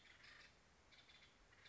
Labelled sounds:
Acorn Woodpecker (Melanerpes formicivorus)
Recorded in Sonoma County, California

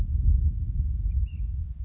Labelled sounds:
Ash-throated Flycatcher (Myiarchus cinerascens)
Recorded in Sonoma County, California

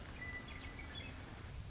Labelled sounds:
Western Meadowlark (Sturnella neglecta)
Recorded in Sonoma County, California

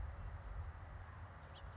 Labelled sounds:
House Finch (Haemorhous mexicanus)
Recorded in Sonoma County, California

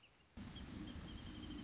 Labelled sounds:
Wrentit (Chamaea fasciata)
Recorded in Sonoma County, California

